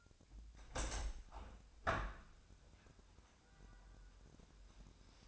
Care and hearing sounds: daily activity, microphone in the room; open window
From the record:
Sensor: 2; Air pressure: 1006.3 hPa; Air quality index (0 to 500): 188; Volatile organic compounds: 11 ppm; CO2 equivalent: 2290 ppm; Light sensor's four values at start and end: 8/20/8/8 and 8/20/8/9

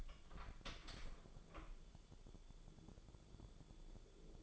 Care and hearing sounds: daily activity, microphone in the room; open door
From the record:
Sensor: 5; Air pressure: 1015.2 hPa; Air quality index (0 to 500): 219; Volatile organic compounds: 12 ppm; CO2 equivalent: 2373 ppm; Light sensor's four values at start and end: 35/80/32/31 and 35/80/32/31

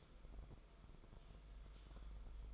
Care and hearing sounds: daily activity, microphone in the room; typing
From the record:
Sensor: 5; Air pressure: 994.5 hPa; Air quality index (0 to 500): 171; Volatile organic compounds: 622 ppm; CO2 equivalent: 4963 ppm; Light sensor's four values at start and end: 10/26/10/11 and 10/25/10/11

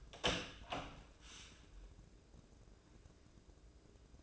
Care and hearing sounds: daily activity, microphone in the room; open door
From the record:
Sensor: 2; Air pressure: 1012.2 hPa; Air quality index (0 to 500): 158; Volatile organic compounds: 2 ppm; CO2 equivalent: 1156 ppm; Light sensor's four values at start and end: 416/1042/424/446 and 409/1025/417/438

